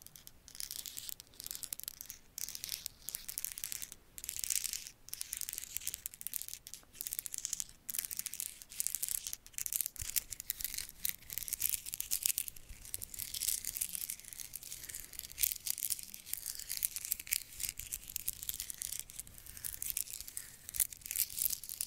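Scratching and tapping go on for the whole clip, a dense, hissy rasp that sits high and bright with little low end. Short strokes come in quick, uneven bursts separated by brief gaps, with occasional sharper taps. The texture resembles tearing or crinkling paper.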